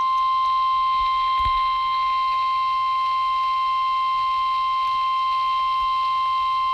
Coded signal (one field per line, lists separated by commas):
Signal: Emergency Alert System (SAME) tones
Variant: 1050 Hz attention tone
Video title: Severe Thunderstorm Warning (EAS#0008) 7/25/2020 [Audio only]